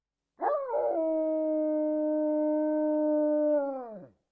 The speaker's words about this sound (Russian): Правый звездный волк увидел труп собрата и взвыл.